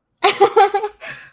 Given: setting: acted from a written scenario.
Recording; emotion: vocal sound without words; amusement